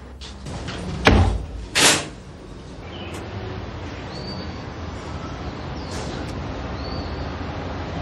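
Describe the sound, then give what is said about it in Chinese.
A door slams shut with a loud bang, then a second sharp clunk follows as it's locked. Afterward only a steady low hum remains, with a couple of faint bird chirps. “拉出去，拉出去，我鎖埋門，等你周圍都去唔到。”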